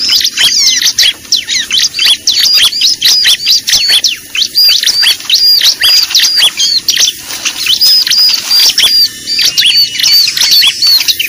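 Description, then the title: Lovebird chatter: continuous high-pitched chirping and squeaky notes in quick, uneven bursts. Lure recording used to attract birds (pikat). "PIKAT BURUNG LOVEBIRD"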